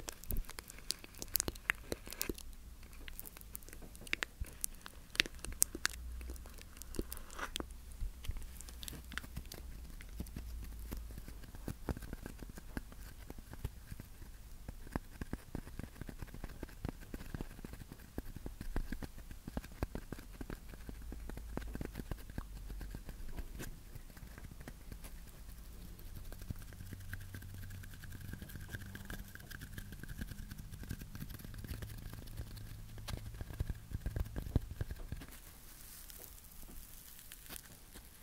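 Dense, irregular tapping and scratching clicks run throughout over a low rumble, with a faint tonal hum near the end before it eases.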